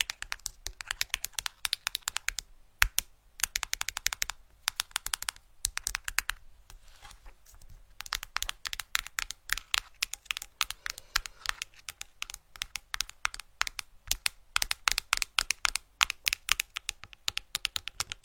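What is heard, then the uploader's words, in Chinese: Rapid tapping, crisp and bright, comes in quick irregular bursts like fingers on a keyboard. The clicks run densely throughout, with one sharper, louder tap near the three-second mark and a brief quieter lull around six to seven seconds before the flurry resumes. 敲击大脑/指尖刺痛（声控助眠）。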